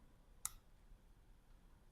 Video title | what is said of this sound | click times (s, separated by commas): DJI Mic Mini unboxing and connectivity review in hindi | आपको click की आवाज आएगी और यह कुछ ऐसे से कनेक्ट हो जाएगा। | 0.4 s